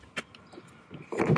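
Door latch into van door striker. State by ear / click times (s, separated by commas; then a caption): not seated / none. The sliding side door of a Citroen Relay van, its manual lock lever already engaged with an Allen key through a small hole, is being shut so the door latch will catch the striker and lock. A sharp knock near 0.2 s and a few faint taps are followed by a rising broadband rumble of the door moving from about 1.1 s, with a sharp hit at about 1.4 s. The clip ends just before the latch goes home; nothing has seated or clicked yet.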